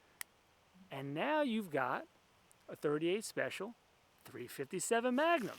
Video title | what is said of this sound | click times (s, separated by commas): Taurus 692 Executive: 3 Guns In 1 | slides down in let go of the button locks in place | 0.2 s